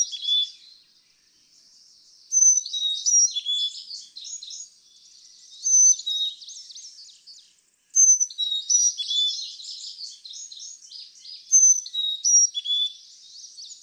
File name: Carolina Chickadee